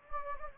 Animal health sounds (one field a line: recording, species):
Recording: mosquito wingbeat signal from an infrared sensor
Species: Anopheles gambiae